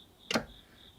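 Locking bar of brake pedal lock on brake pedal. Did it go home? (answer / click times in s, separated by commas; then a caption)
yes / 0.3 s. After the brake pedal lock on a brake pedal is twisted, its metal locking bar extends and gives one short, sharp tick at 0.3 s. The bar locks in place, and only faint background noise follows.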